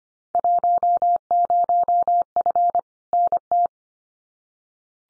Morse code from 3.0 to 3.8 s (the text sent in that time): NT